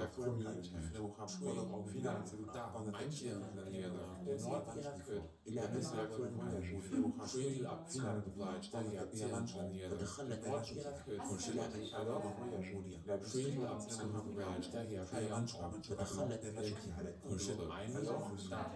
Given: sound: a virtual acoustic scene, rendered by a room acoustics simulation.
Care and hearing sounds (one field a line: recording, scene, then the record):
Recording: noise of the scene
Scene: living room, symmetric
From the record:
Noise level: 70 dB SPL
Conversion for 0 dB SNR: 6.9 dB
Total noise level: 76.9 dB SPL